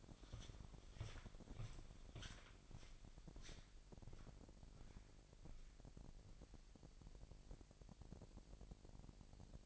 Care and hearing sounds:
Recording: daily activity, microphone in the room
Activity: walk to room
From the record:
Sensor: 5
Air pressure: 1002.1 hPa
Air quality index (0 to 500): 249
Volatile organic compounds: 7 ppm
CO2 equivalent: 2037 ppm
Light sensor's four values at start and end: 30/68/29/31 and 29/68/28/29

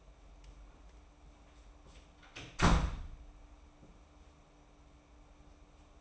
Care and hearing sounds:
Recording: daily activity, microphone in the room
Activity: close door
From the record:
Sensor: 1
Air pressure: 994.4 hPa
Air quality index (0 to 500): 213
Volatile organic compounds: 1000 ppm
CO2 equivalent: 7668 ppm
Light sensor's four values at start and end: 85/191/85/93 and 85/191/86/93

